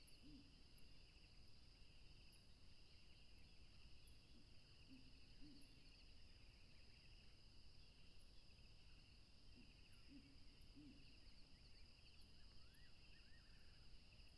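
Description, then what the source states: Crickets in a steady, unbroken high trilling chorus at two pitches, with occasional soft low hoots, faint high chirps and a few swooping bird notes. Several crickets recorded at a tropical river.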